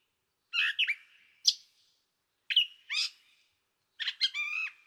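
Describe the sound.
Gray catbird singing a halting series of varied squeaky, slurred and nasal phrases, each followed by a short silence.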